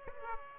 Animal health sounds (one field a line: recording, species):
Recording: mosquito wingbeat signal from an infrared sensor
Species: Culex pipiens